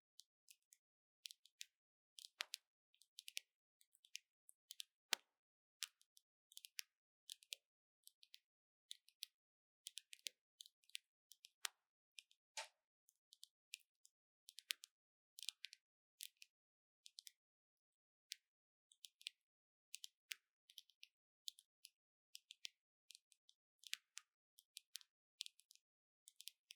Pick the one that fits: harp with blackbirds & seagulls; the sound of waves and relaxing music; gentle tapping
gentle tapping